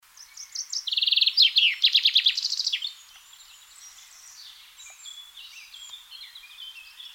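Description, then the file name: Common chaffinch delivering one song of quick repeated notes ending in a flourish, with faint calls of other birds continuing afterward. "Fringilla coelebs"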